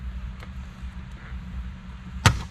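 A child lifts the plastic shift boot trim ring of an S2000's center console with his fingers, working along its edge during a red-stitched shift boot install. After a faint tick at 0.4 s over a low steady rumble, a retaining clip lets go of the console with one sharp pop at 2.3 s, releasing the trim ring.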